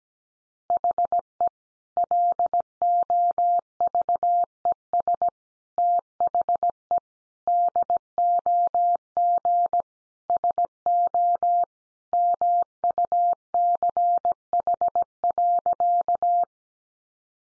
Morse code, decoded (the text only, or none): HE LOVES THE DOG SO MUCH.